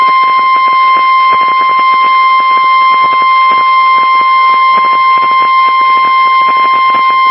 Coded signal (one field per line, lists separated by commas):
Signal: Emergency Alert System (SAME) tones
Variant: 1050 Hz attention tone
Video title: Tornado Warning - EAS #577